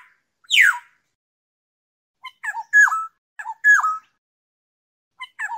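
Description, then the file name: Black-naped oriole harsh descending squawk, then short fluting whistled phrases repeated after a pause. "tieng chim vang anh"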